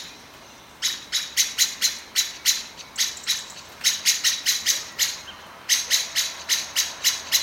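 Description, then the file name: Common blackbird calling a hard, metallic chink repeatedly in quick runs separated by brief pauses, with light background hiss. "Turdus merula"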